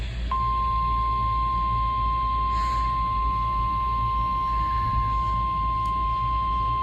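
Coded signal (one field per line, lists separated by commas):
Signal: Emergency Alert System (SAME) tones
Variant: 1050 Hz attention tone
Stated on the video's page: Required weekly test received on NOAA weather radio for Greene County, Missouri.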